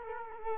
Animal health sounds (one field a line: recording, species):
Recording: mosquito wingbeat signal from an infrared sensor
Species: Culex quinquefasciatus